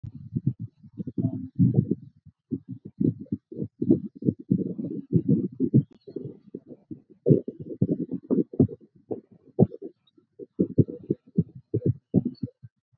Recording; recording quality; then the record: counting at a fast pace; poor, much background noise or distortion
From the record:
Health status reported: COVID-19 positive, mild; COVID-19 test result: positive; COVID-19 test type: RT-PCR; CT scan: not taken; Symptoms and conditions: fever, loss of smell and taste, diabetes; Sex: male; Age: 28 years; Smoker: yes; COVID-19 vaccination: both doses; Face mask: worn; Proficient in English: yes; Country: India